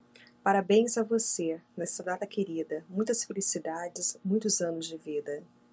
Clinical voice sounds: short text; Brazilian Portuguese; female; 40 to 49 years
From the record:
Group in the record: control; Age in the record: 40 years

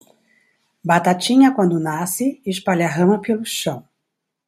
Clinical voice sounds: short text; Brazilian Portuguese; male; 60 to 69 years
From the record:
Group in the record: control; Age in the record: 63 years

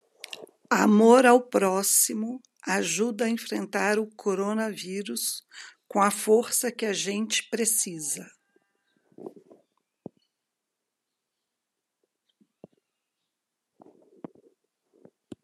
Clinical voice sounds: spoken sentence; Brazilian Portuguese; female; 50 to 59 years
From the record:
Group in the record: control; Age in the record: 51 years

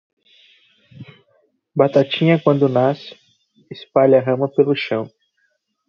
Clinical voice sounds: short text; Brazilian Portuguese; male; 20 to 29 years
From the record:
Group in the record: control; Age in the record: 28 years

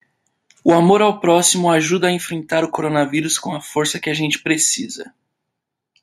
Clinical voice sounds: spoken sentence; Brazilian Portuguese; male; 30 to 39 years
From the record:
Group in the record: control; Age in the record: 30 years

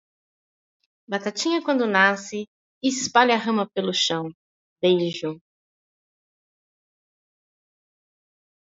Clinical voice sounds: short text; Brazilian Portuguese; female; 40 to 49 years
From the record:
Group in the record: control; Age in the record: 49 years

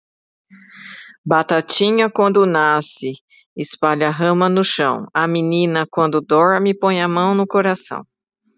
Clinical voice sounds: short text; Brazilian Portuguese; female; 60 to 69 years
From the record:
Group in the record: control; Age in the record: 60 years

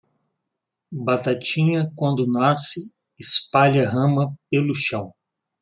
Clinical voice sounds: short text; Brazilian Portuguese; male; 50 to 59 years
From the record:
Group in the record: control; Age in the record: 52 years

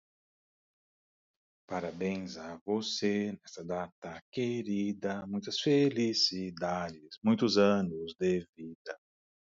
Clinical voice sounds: short text; Brazilian Portuguese; male; 50 to 59 years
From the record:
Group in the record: control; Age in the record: 51 years

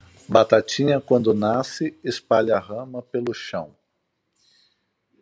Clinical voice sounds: short text; Brazilian Portuguese; male; 50 to 59 years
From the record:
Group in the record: control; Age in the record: 51 years

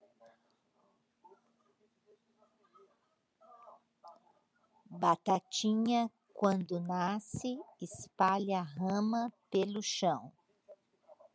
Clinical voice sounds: short text; Brazilian Portuguese; female; 60 to 69 years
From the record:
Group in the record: control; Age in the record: 64 years

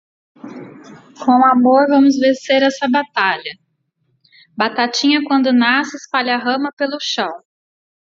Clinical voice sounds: short text; Brazilian Portuguese; female; 40 to 49 years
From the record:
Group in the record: control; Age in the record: 41 years

